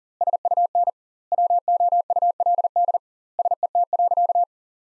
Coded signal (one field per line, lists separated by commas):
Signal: Morse code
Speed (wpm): 40 wpm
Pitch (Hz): 700 Hz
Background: none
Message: SUN WOULD SET.